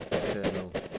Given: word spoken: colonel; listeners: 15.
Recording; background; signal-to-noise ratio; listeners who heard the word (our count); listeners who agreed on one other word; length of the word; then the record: one English word in noise, from a listening test; noise modulated by three-talker babble; -5.7 dB; 1 of 15; 7 of 15; 0.58 s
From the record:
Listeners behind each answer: 7, 2, 1, 1, 1, 1, 1, 1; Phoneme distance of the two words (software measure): 17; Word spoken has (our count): 2 syllables, 4 phonemes, stress on syllable 1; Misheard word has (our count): 3 syllables, 5 phonemes, stress on syllable 2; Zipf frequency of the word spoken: 4.32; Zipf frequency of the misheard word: 3.69